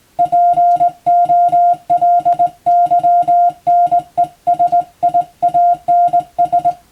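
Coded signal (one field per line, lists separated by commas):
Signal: Morse code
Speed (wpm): 20 wpm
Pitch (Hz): 700 Hz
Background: music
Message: POLYNESIANS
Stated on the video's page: Morse practice by a first-class radiotelegraph operator for the Japanese exam, Japanese Morse at 17 wpm and English at 25 wpm.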